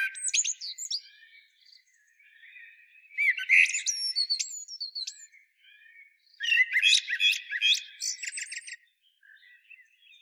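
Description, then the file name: Common blackbird song: fluty warbled phrases with high squeaky, twittering endings, with quieter warbling between the louder phrases. "Turdus merula"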